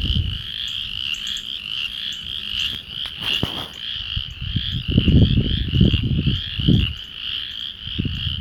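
Frogs croaking in low, irregular bursts, with a steady, high insect-like drone running throughout.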